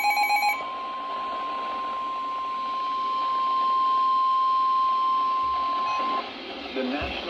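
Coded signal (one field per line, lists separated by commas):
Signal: Emergency Alert System (SAME) tones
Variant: 1050 Hz attention tone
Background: speech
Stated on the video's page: EAS alerts received from NOAA weather radio station WXJ49.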